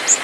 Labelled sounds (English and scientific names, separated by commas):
Golden-winged Warbler (Vermivora chrysoptera) flight call